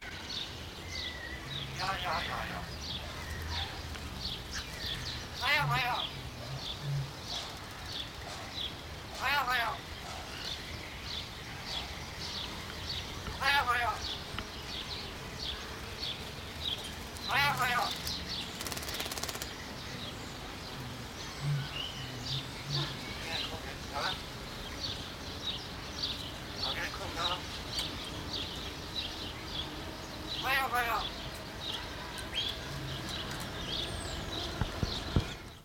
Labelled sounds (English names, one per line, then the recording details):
Common Hill Myna
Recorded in captivity
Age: adult
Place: Zoo Berlin, Berlin, DE
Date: 1992-04-04 10:30
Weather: bedeckt, 5-8°C
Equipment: Nagra SN, Mikrofon AKG CK 8, Kopie Tesla B 116
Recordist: Tembrock, Günter